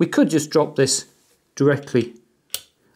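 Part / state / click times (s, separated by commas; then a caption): copper spacer plate onto single-board computer processor / seated / 2.5 s. Someone talks, then a copper plate spacer is dropped flat onto the processor of a Raspberry Pi 3 and makes a short, sharp metallic click on contact at 2.5 seconds. The spacer sits flat on the processor and fits, a contact rather than a latch.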